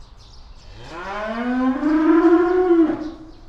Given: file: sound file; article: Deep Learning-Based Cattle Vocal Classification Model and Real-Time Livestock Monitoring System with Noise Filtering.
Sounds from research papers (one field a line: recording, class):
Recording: cattle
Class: estrus call